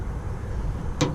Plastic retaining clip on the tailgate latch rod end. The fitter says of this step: you're just gonna rotate the clip up and it's gonna lock into place